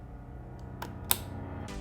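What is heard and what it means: A preset torque wrench turns a socket retention screw until it clicks sharply at 1.1 s, confirming the screw has reached the correct torque. A softer tick comes just before at 0.8 s, over steady background music.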